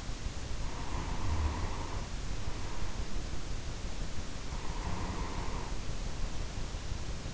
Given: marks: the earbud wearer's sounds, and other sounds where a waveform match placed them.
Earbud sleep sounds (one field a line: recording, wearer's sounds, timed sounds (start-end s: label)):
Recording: sounds in sleep by an in-ear microphone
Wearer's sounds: snoring breath, breath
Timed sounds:
0.59-3.33 s: snoring breath
4.45-7.34 s: breath